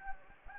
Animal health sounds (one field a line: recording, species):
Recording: mosquito wingbeat signal from an infrared sensor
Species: Anopheles gambiae